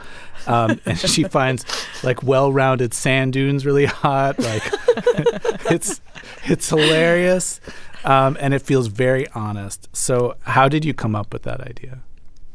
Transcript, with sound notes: And she finds, like, well-rounded sand dunes really hot. Like...
(LAUGHTER)
...It's hilarious, and it feels very honest. So how did you come up with that idea?